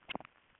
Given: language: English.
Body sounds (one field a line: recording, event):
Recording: throat vibration sensor signal played as sound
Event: swallow